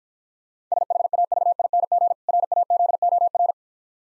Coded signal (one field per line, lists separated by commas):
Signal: Morse code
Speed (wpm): 50 wpm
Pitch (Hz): 700 Hz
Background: none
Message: SHAVING RAZOR